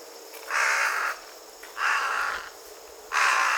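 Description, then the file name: Carrion crow cawing: three harsh, drawn-out caws, each hoarse and flat in pitch. "Corvus corone"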